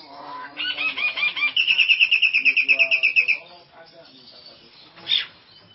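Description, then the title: Nias hill myna song: several clear whistled notes lead into a quick rattling run of repeated notes, followed by soft chatter and one short sharp call. "Jalak Nias"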